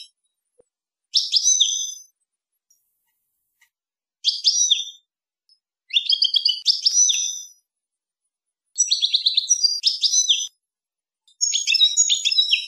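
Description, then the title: European goldfinch giving five bursts of rapid, high, jingling twitters, separated by short silences. "Chant Chardonneret"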